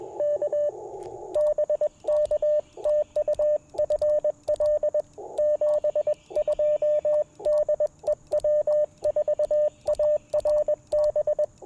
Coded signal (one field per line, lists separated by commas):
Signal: Morse code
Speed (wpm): 21 wpm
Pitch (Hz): 590 Hz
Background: radio noise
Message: K BK TU FL 72 DE W4ARB